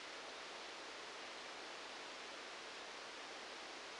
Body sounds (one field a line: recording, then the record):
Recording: brain microelectrode recording played as sound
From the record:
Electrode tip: outside the subthalamic nucleus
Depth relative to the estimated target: -6 mm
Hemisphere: right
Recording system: NeuroSet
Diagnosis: Parkinson's disease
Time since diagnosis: 9 years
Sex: male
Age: 56 years